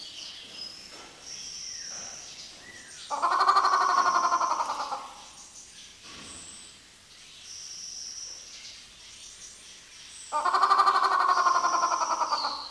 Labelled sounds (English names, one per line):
Grey Peacock-Pheasant